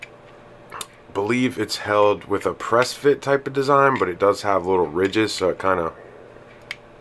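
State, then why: Seated. A pod cartridge is pressed into the body of a Joyetech Exceed Edge pod vape, held by a press fit with small ridges. Someone talks for most of the clip. After the talking stops, a short, sharp click at 6.7 s marks the pod seating into place.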